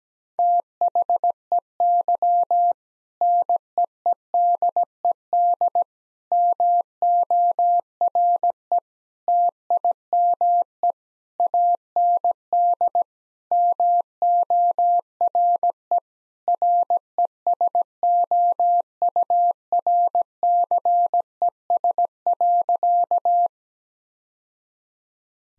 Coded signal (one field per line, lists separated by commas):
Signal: Morse code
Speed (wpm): 17 wpm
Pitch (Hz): 700 Hz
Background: none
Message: THEY NEEDED MORE TIME AND MORE RESOURCES.